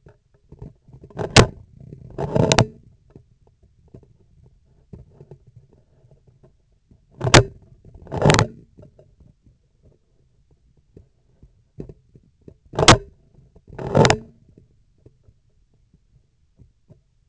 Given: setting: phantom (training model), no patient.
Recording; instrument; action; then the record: laparoscopic instrument, vibration sensor on the handle end; scissors; opening and closing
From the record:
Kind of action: tool actuation without material contact